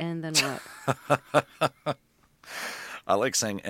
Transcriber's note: laughs